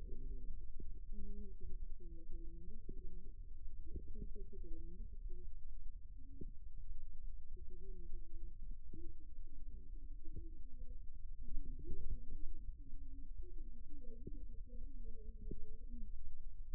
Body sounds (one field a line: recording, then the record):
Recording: forearm muscle sounds (acoustic myography)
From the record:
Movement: rest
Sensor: system 2, bracelet of six BSWA MPA416 microphones around the upper forearm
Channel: 1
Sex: male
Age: 22 years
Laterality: right